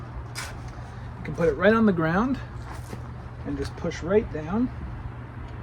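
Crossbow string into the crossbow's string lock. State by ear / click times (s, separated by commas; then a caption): not seated / none. Someone talks while cocking an Armbruster Belgian target crossbow with a fork lever, the forks on the string and hooked on the lug, with the crossbow set on the ground and pushed down to bring the string into its string lock. A steady low hum runs beneath the speech. The string has not yet clicked into the lock; nothing has seated.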